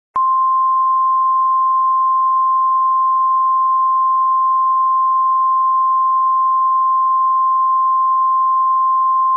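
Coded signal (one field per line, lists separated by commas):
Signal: Emergency Alert System (SAME) tones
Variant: 1050 Hz attention tone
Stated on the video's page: Homemade recreation of a DirecTV Emergency Alert System test.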